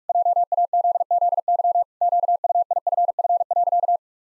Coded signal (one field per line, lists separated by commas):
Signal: Morse code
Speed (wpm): 46 wpm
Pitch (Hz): 700 Hz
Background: none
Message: JAZZY QUIFF.